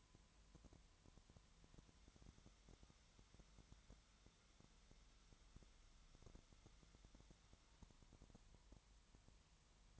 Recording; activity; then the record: daily activity, microphone in the room; no activity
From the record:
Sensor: 3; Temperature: 20.6 degrees Celsius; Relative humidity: 34.7%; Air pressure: 1007.2 hPa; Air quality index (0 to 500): 136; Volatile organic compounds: 3 ppm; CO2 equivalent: 1519 ppm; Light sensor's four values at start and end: 2/3/2/2 and 2/3/2/2